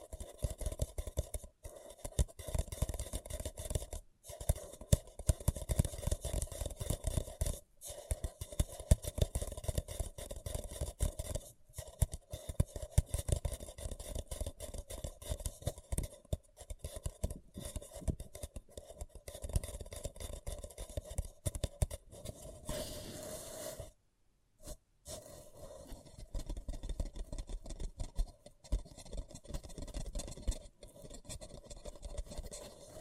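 Paper cup tingles: dense, rapid crinkling and scratching on a paper cup, with constant crisp texture and a steady midrange tone underneath. Short silent breaks come every few seconds, with a longer pause near 24 seconds before the scratching resumes more softly.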